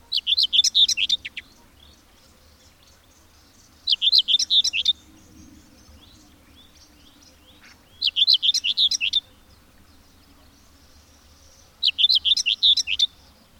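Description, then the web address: Bird song repeated four times, each a high, rapid warbling phrase of about a second, spaced roughly every four seconds over a quiet low hum. "madarak enek"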